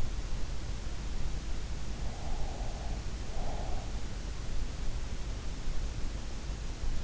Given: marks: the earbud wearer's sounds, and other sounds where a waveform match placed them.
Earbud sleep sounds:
sounds in sleep by an in-ear microphone; breath
2.20-3.83 s: breath

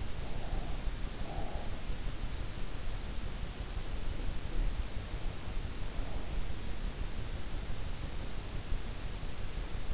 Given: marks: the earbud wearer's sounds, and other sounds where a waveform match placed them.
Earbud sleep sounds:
sounds in sleep by an in-ear microphone; breath
0.00-2.11 s: breath

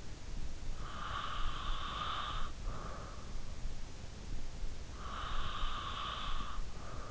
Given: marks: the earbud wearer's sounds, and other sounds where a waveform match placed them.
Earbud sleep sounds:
sounds in sleep by an in-ear microphone; breath
0.48-3.23 s: breath
4.60-7.11 s: breath

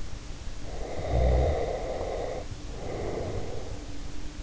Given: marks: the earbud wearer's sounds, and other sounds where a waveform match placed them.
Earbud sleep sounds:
sounds in sleep by an in-ear microphone; snoring breath
0.61-3.86 s: snoring breath

